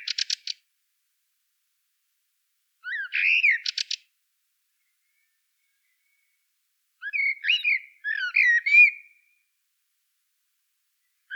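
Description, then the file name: Common blackbird song: short fluty warbled phrases mixed with high squeaky twittering, separated by pauses of two to three seconds. "Turdus merula"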